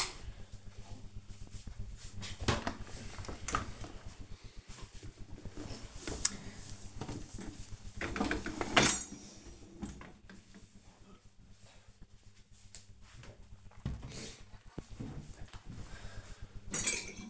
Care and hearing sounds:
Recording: household activities, microphone on the right wrist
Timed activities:
3.74-17.30 s: cleaning out the dishwasher

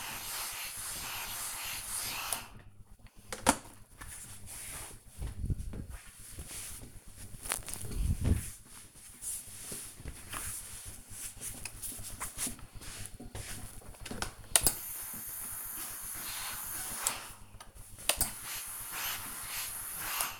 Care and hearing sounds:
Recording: household activities, microphone on the right wrist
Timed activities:
0.00-20.40 s: ironing laundry

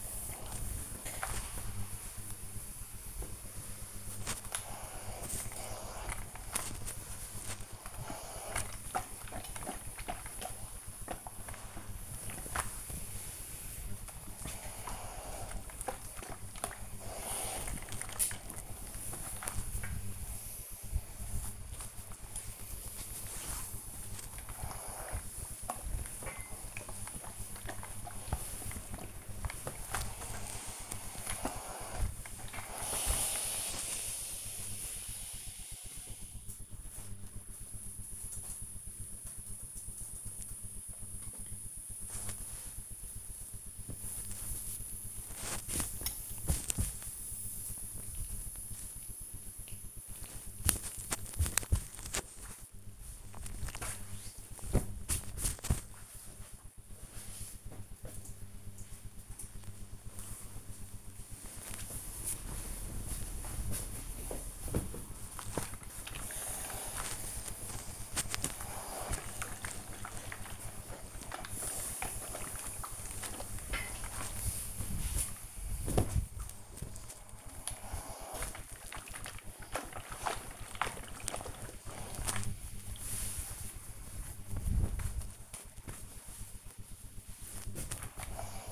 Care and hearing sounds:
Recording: household activities, microphone on the right wrist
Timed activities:
0.00-35.84 s: ironing laundry
40.89-56.96 s: folding laundry
59.98-88.72 s: ironing laundry

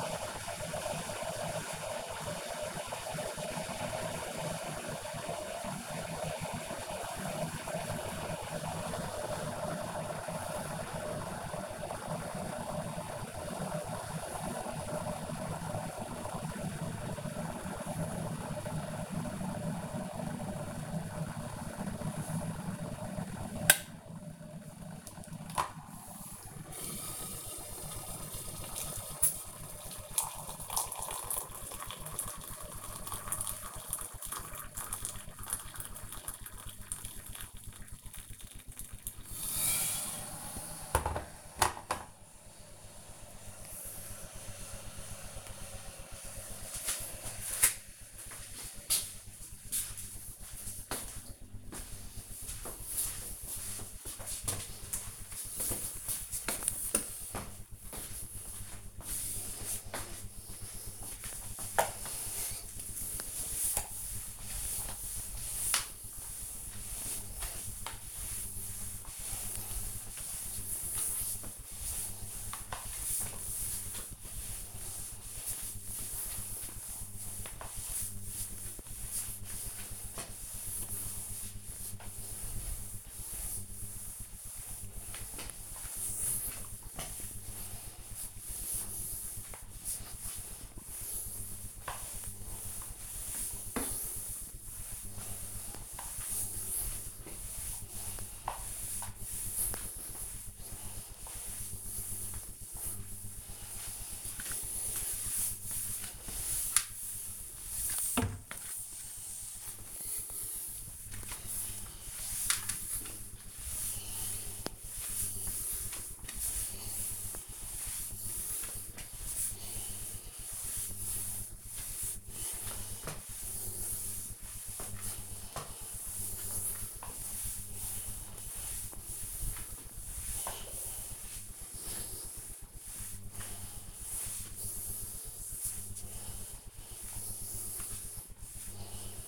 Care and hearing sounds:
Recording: household activities, microphone on the right wrist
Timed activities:
0.00-46.91 s: making tea
56.97-139.28 s: floor cleaning

